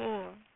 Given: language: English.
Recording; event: throat vibration sensor signal played as sound; speech